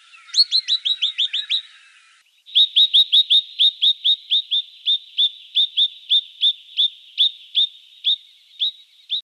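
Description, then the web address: Brown treecreeper calling: a fast burst of sharp, high notes, a short pause, then a long series of similar notes, about three per second. Recorded in a garden in Canberra. "canberra-garden-birds treecreepers brown-treecreeper"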